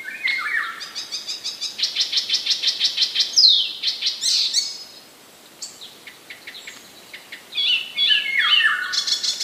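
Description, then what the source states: Icterine warbler song, a fast varied medley of repeated harsh notes, rattles and clear whistles, with a short pause mid-phrase before resuming. Recorded in 2015.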